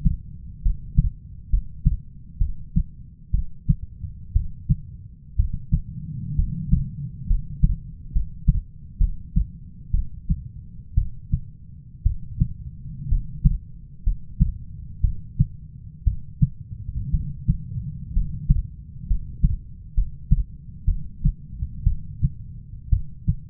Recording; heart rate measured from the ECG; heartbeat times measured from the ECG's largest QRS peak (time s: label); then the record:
heart sounds by stethoscope; 62 bpm
0.62 s: heartbeat
1.50 s: heartbeat
2.38 s: heartbeat
3.31 s: heartbeat
4.33 s: heartbeat
5.36 s: heartbeat
6.36 s: heartbeat
7.27 s: heartbeat
8.12 s: heartbeat
8.98 s: heartbeat
9.91 s: heartbeat
10.95 s: heartbeat
12.03 s: heartbeat
13.08 s: heartbeat
14.04 s: heartbeat
15.01 s: heartbeat
16.04 s: heartbeat
17.11 s: heartbeat
18.13 s: heartbeat
19.07 s: heartbeat
19.94 s: heartbeat
20.85 s: heartbeat
21.84 s: heartbeat
22.90 s: heartbeat
From the record:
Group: healthy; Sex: female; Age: 37 years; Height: 168 cm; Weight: 70 kg